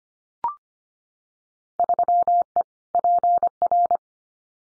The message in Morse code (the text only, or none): 3E PR